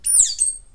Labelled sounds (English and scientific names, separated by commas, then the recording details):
Stitchbird (Notiomystis cincta) song
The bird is a male
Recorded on Tiritiri Matangi Island, New Zealand, in 2005
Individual 11, of nest box 13